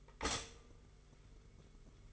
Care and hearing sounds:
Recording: daily activity, microphone in the room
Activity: stop toaster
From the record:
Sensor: 4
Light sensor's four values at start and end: 18/59/22/22 and 18/58/21/21

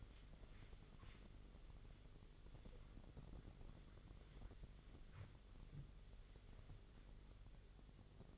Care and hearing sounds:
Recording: daily activity, microphone in the room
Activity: wipe stove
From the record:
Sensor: 4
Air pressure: 1004.1 hPa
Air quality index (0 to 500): 157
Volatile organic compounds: 2 ppm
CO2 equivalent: 1116 ppm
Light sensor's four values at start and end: 13/30/12/13 and 12/29/12/13

